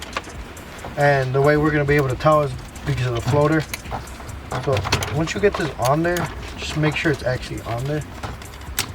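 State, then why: Not seated. While reinstalling a DW400 drop-in fuel pump basket on a 2014 Mustang GT, a fuel hose fitting is being pushed onto the basket as someone talks throughout. A few brief handling taps come near the end, the sharpest at about 8.8 seconds, but the fitting has not yet clicked or seated.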